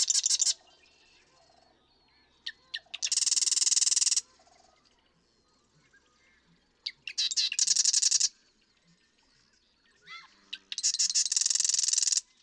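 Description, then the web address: Marsh Wren singing three loud, harsh buzzing trills spaced about four seconds apart, each opened by a few sharp ticks, after the end of another trill at the start. "birdsongforthecurious Marsh Wren"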